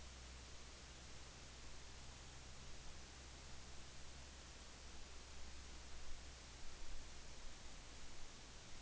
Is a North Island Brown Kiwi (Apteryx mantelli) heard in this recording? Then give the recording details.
no. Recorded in New Zealand on 10 November 2013. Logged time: 02:19